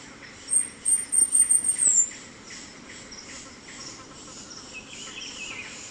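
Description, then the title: São Francisco sparrow: a very high, thin trill of quick pulses near the start, followed by softer regular pulsing. "LuckyPassaro. Sao Francisco Sparrow (Arremon franciscanus)"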